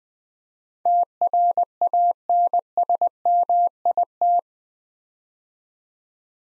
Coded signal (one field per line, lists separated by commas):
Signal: Morse code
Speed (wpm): 20 wpm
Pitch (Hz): 700 Hz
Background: none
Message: TRANSMIT